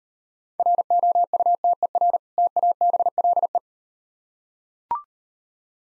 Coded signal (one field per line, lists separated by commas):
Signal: Morse code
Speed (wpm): 36 wpm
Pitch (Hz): 700 Hz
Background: none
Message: ROUTER TABLE